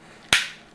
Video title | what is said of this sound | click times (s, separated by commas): BEATS STUDIO PRO VS $60 ANC HEADSET HEAD TO HEAD REVIEW | and they click into place the Beats ones and these ones they have a click also | 0.3 s